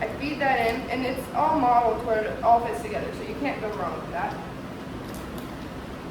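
A sterile drape and adapter are fed in and lined up on the arm of a da Vinci Xi surgical robot before being pushed down. Someone talks throughout, with soft handling sounds, and nothing has clicked or seated yet.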